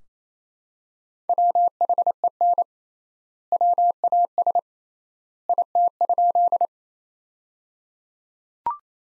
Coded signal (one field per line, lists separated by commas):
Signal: Morse code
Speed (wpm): 28 wpm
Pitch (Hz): 700 Hz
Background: none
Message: WHEN WAS IT?